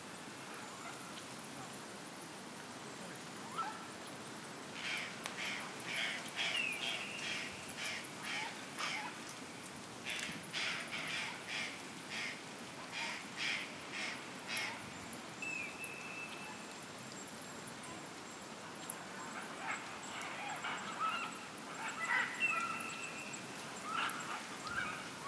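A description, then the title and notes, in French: Macaws squawk and screech in harsh, raspy bursts, clustering between about five and eleven seconds and again near the end. Some calls sound loud, over a steady outdoor hiss and a faint low rumble. Danse des aras, à Bonito (BR). Paysage sonore enregistré le 17 septembre 2015 à Buraco das Araras, près de Bonito dans le Pantanal Sud au Brésil.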